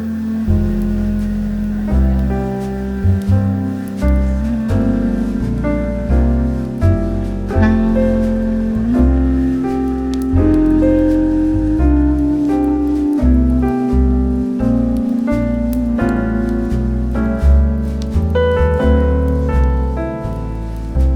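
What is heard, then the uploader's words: Smooth jazz plays steadily with a warm bass line, sustained melody notes and light regular percussion taps, at an even loudness throughout. Coffee Shop Bookstore Ambience with Relaxing Smooth Jazz Music and Crackling Fireplace.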